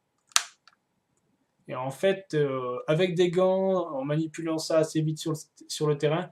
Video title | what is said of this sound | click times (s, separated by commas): AIRSOFT REVIEW 02 - Beretta CM.126 de chez Cyma | Et là, on pourrait croire qu'il est engagé, mais en fait, il faut encore appuyer un petit peu et écoutez bien, il y a un petit clic qui va se faire. | 0.4 s